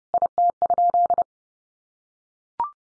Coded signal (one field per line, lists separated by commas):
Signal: Morse code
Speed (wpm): 30 wpm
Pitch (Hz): 700 Hz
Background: none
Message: IT?